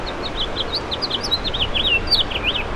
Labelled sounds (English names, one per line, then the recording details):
House Finch song
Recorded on Long Island, New York, on 7 June 2011
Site MV
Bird B